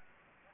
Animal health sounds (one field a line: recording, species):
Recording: mosquito wingbeat signal from an infrared sensor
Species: Anopheles gambiae